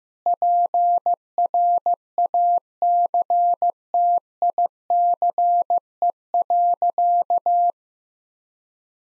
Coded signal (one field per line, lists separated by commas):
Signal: Morse code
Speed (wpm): 15 wpm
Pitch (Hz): 700 Hz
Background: none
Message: PRACTICE.